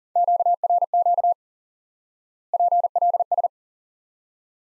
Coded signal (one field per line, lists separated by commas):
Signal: Morse code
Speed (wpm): 40 wpm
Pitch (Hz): 700 Hz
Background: none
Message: QRQ PLS